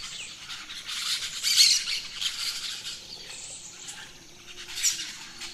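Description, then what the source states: Birds: bird chorus at dawn, with harsh scratchy bursts swelling and fading, one loud burst near one and a half seconds and another near the end. Dawn chorus of rainforest birds, Gran Sabana, Venezuela.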